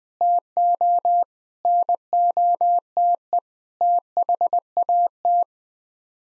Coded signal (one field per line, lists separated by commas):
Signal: Morse code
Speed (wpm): 21 wpm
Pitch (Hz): 700 Hz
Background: none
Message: TO NOTE THAT